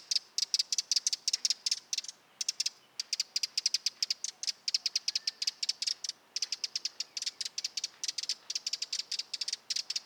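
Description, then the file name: Eurasian wren giving rapid clusters of sharp, dry ticks, with short pauses near two and six seconds before the rattling resumes. "Troglodytes troglodytes"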